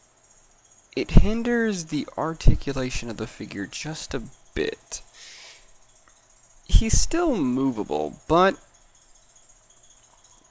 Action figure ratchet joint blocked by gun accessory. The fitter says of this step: as long as that gun's there The Joint won't click bending back letting